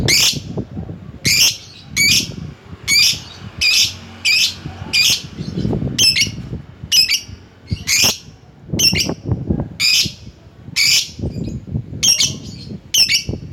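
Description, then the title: Lovebird repeating piercing, scratchy chirps in a quick steady run, with low knocking and rustling noises underneath throughout. Lovebird calling to a rival. "Lovebird Memanggil Lawan"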